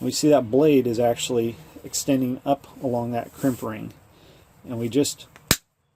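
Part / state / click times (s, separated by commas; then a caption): stainless crimp ring on PEX pipe fitting, cut by removal tool / released / 5.5 s. A crimp ring removal tool has its rod set inside a PEX pipe fitting and its blade against the stainless steel crimp ring. Someone talks, then the tool is pushed down until the ring snaps open with a loud, sharp crack at 5.5 s, releasing the ring.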